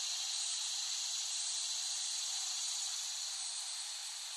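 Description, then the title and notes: Loud, continuous cicada drone, a high sizzling buzz that barely changes and fades a little at the close. Cicadas in West Brighton, Staten Island, late summer 2008, by Dan Bodah. "Dronecast No. 021: The Cicadas of Summer. Recording of cicadas made by Dan Bodah in West Brighton, Staten Island, late summer 2008"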